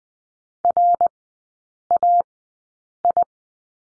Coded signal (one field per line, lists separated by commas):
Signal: Morse code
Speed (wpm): 20 wpm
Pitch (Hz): 700 Hz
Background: none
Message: RAI